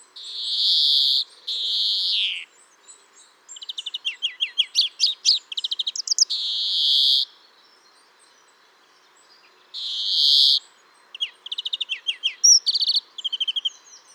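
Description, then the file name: European greenfinch song: long nasal, wheezy buzzes alternating with rapid twittering trills and chirps, the drawn-out wheeze repeated several times. "Chloris chloris"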